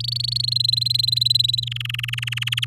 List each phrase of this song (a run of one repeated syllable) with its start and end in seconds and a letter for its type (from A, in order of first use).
0.00-0.54 A, 0.55-1.60 B, 1.62-2.65 C